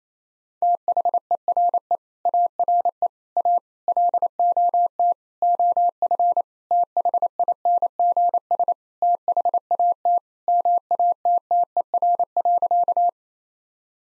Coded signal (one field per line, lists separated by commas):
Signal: Morse code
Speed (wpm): 28 wpm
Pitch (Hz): 700 Hz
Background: none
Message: THERE ARE A LOT OF THINGS THAT MATTER.